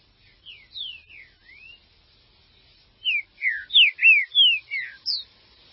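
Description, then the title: Green-winged saltator song: a few soft sliding whistles, a pause, then a loud run of seven quick, clear, downward-slurred notes. "Trinca Ferro"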